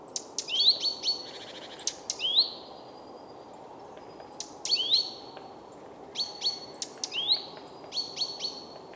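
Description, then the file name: Great tit calls: high sharp ticks with rising thin notes, given in repeated bursts with quiet gaps between. "Parus major"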